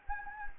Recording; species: mosquito wingbeat signal from an infrared sensor; Anopheles gambiae